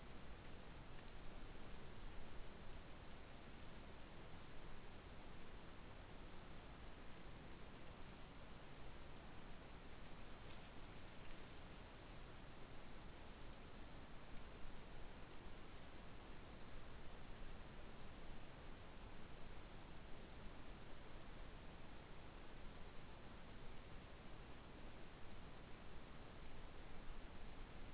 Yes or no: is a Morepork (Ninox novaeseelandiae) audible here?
no